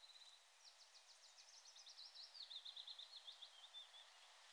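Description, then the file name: Common chaffinch singing one faint, high song: a fast run of sharp repeated notes descending into a quicker trill and ending in a brief flourish, with steady background hiss. "Pinson des arbres"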